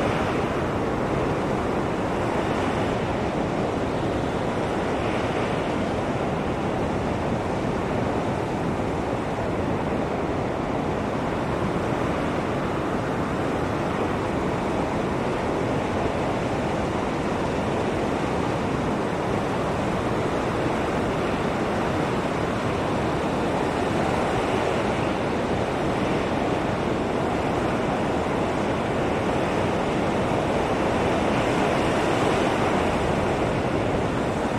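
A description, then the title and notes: A desert wind storm roars steadily, a dense, unbroken rush weighted toward the low and middle range. The level barely changes, though faint brighter gusts swell now and then, around the start, middle and end. Desert Wind Storm Sounds White Noise.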